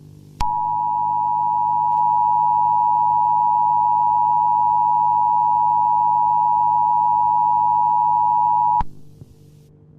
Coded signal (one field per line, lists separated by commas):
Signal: Emergency Alert System (SAME) tones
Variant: 853 and 960 Hz attention tone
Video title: Oroville - EAS Scenario